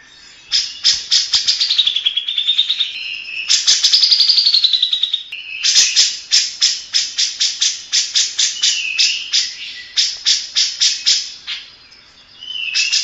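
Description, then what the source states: Grey-cheeked bulbul giving repeated fast rattles and scratchy chatter, with downslurred whistles between bursts, phrases running several seconds each. Masteran recording used to train other birds; local name cucak jenggot.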